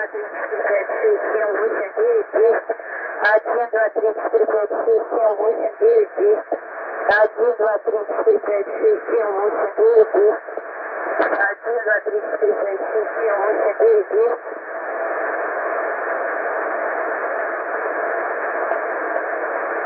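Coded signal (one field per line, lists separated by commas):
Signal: numbers station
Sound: a voice speaking short words in rhythmic groups over shortwave static, then static alone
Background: radio static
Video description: after about 1 minute was repeating same message, no beeps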